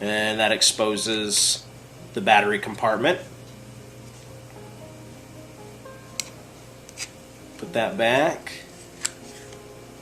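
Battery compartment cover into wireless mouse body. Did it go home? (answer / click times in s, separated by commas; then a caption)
yes / 9.1 s. Someone talks while handling a 2021 Apple Magic Mouse wireless mouse, then presses the plastic battery compartment cover on its underside down into the mouse body. After a few small taps and knocks, the cover's latch clicks shut at 9.1 s, seating and locking into place.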